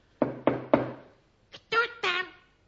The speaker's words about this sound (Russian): Не открываешь? Еще постучу.